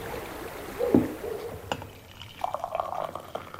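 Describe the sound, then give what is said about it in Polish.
Soft mountain well water from the well at Austeria Staniszów being poured: a bubbling, gurgling stream with a rising splash early on, then trickling and small sloshing sounds, fairly faint and without any voices. “Górska miękka woda. Tak, to jest nasza woda ze studni.”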